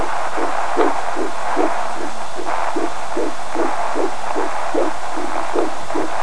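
Rapid, steady whooshing pulses at about 150 beats a minute over a constant Doppler hiss: a fetal heartbeat picked up by Doppler ultrasound, with a regular rhythm in the normal fetal range.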